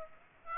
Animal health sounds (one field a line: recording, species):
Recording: mosquito wingbeat signal from an infrared sensor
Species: Aedes aegypti